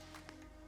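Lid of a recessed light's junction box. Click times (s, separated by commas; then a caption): 0.3 s. After the clips and wires are pushed inside, the lid of the plastic junction box on a thin recessed LED light is pressed closed. It snaps shut with a sharp click at 0.3 s, over steady background music. A softer sound follows near 0.7 s.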